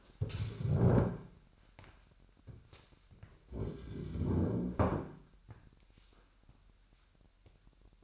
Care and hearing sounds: daily activity, microphone in the room; stand up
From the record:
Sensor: 2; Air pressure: 998.5 hPa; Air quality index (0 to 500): 126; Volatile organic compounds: 3 ppm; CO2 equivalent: 1423 ppm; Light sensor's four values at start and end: 6/15/6/7 and 5/12/5/6

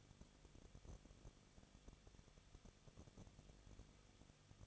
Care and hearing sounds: daily activity, microphone in the room; no activity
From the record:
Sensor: 4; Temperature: 23.0 degrees Celsius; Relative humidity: 34.1%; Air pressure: 1007.4 hPa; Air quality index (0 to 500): 212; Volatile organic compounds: 14 ppm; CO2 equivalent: 2440 ppm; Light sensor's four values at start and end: 2/3/1/1 and 2/3/1/1

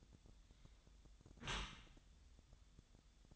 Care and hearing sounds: daily activity, microphone in the room; close dishwasher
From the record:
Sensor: 3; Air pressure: 1004.6 hPa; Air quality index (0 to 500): 109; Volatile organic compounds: 5 ppm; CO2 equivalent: 1707 ppm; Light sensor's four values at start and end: 7/17/7/6 and 7/17/7/6

